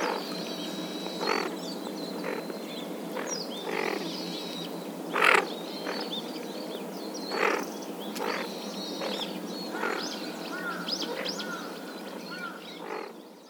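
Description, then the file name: Tufted duck calls: a series of short, harsh, rasping bursts repeated every second or so, with one louder burst midway, over a steady background hiss. Recorded at Nishinomiya, dated 211230 (30 December 2021). "kinkuro nishinomiya kaji"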